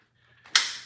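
A stubborn, unnamed part is pushed into place on a VQ35 stroker engine being built, over a faint low hum. A soft contact at 0.5 s leads to one sharp, loud, bright snap at 0.6 s that rings down through the end of the clip. The part snaps in and is seated.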